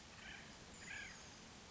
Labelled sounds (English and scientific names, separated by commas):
Acorn Woodpecker (Melanerpes formicivorus)